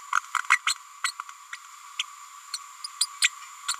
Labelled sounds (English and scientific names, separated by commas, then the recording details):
Green-rumped Parrotlet (Forpus passerinus) babbling
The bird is a female
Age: 30 days
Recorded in a nest box in Venezuela
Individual 17B102A6